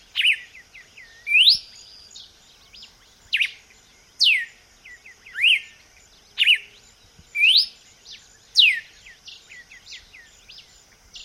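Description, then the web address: Red-cowled cardinal delivering a steady series of bright whistled sweeps, about one per second, mixed with softer notes and a constant insect hum. "vocs paroaria dominicana"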